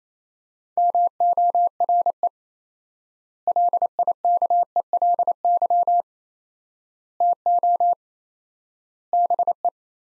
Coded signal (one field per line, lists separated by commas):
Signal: Morse code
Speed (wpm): 28 wpm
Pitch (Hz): 700 Hz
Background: none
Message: MORE LIKELY TO BE